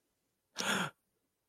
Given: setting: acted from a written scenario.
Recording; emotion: vocal sound without words; negative surprise